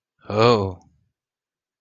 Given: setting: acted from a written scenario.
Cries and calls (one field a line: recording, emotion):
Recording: vocal sound without words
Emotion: fear